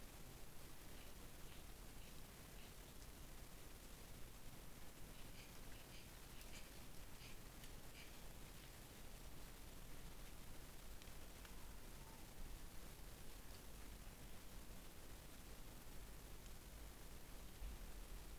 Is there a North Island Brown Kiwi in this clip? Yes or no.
no